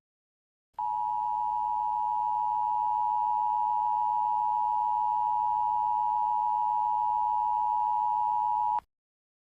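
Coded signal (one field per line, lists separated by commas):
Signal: Emergency Alert System (SAME) tones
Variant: 853 and 960 Hz attention tone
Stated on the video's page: Fictional EAS scenario, not a real alert.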